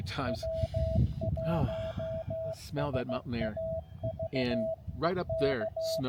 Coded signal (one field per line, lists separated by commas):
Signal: Morse code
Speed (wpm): 16 wpm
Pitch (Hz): 650 Hz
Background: speech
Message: W1SAV EK